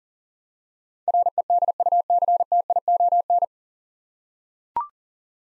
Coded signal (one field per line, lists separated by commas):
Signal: Morse code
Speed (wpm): 40 wpm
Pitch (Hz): 700 Hz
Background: none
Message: REDUCTION